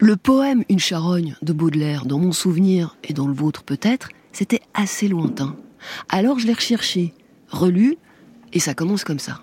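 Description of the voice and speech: One adult speaking fluent, clear French with an ordinary voice, steady pace and brief natural pauses.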